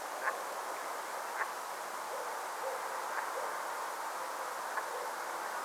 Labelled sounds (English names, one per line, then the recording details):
Brent Goose
dog
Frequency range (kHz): Brent Goose 0.6-2.7 kHz
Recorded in France